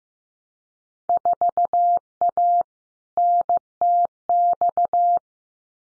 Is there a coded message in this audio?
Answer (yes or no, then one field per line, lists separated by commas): yes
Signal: Morse code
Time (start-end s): 1.1-5.2 s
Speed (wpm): 15 wpm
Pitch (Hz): 700 Hz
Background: none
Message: 4A NTX